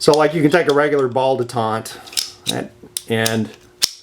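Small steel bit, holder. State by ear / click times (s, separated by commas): not seated / none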